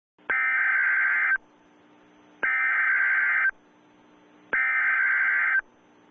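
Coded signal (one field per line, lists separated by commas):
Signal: Emergency Alert System (SAME) tones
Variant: header bursts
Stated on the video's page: Fictional EAS scenario depicting an Australian invasion of New Zealand.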